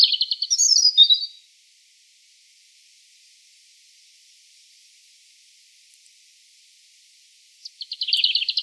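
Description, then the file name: European robin song in two brief bursts, a twittering trill at the start and another near the end, separated by long quiet. "Erithacus rubecula"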